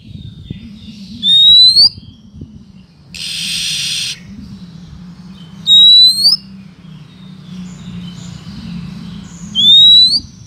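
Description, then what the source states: Oriental magpie-robin giving a clear, thin rising whistle, repeated roughly every four seconds over a steady low hum, with one short hissing noise burst. Female.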